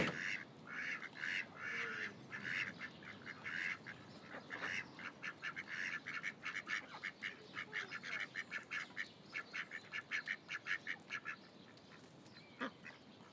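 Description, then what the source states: Ducks calling in fast, clipped bursts that run together into a busy, rhythmic chatter, several calls each second, over a steady low background hiss. Ducks at Lagoa das Furnas; binaural, equalized.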